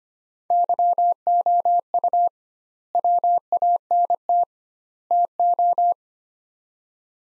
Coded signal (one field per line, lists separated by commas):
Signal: Morse code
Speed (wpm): 25 wpm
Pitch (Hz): 700 Hz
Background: none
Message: YOU WANT TO